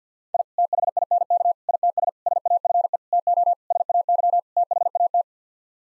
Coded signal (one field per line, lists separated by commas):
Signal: Morse code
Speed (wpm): 50 wpm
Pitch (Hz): 700 Hz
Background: none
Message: I THINK ITS SAFE TO SAY THAT